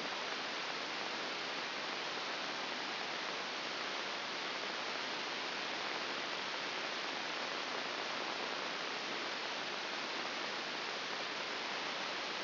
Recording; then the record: brain microelectrode recording played as sound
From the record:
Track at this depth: outside the subthalamic nucleus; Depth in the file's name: 4.898 mm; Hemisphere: left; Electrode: 2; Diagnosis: Parkinson's disease